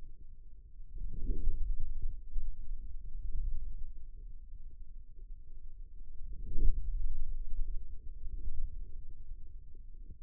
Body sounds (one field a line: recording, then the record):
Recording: forearm muscle sounds (acoustic myography)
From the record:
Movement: outward rotation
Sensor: system 2, bracelet of six BSWA MPA416 microphones around the upper forearm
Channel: 3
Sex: male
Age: 22 years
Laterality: right